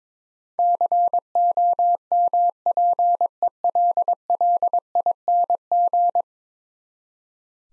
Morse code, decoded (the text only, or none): COMPELLING